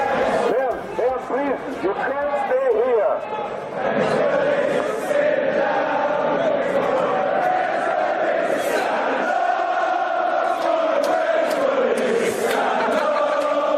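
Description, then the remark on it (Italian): A large crowd of Irish football fans chants and sings together loudly with the police, voices merging into a sustained, rhythmic, melodic roar with occasional shouts rising above it, chanting "For the French police, stand up." “I tifosi irlandesi l'hanno vissuta invece così, cantando con la polizia.”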